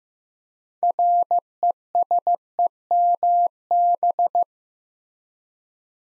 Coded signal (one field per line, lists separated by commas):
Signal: Morse code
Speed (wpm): 15 wpm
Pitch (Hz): 700 Hz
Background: none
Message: RESEMB